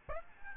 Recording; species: mosquito wingbeat signal from an infrared sensor; Aedes albopictus